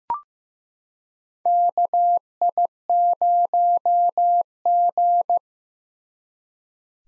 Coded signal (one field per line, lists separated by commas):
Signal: Morse code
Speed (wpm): 16 wpm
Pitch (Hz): 700 Hz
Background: none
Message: KI0G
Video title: 2023 SOTA Chaser Call Signs - 15wpm